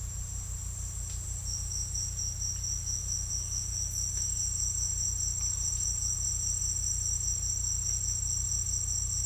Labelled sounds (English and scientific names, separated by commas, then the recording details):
none
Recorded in secondary vegetation near Puerto Asís, Putumayo, Colombia, on 18 December 2024 at 09:00
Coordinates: 0.484, -76.319
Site GP06